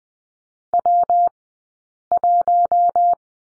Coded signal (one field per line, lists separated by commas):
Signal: Morse code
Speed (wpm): 20 wpm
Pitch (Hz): 690 Hz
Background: none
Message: W1